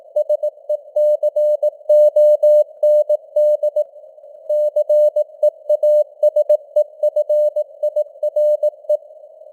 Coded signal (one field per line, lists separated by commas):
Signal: Morse code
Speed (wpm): 18 wpm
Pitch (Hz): 600 Hz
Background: none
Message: SECOND CEASEFIRE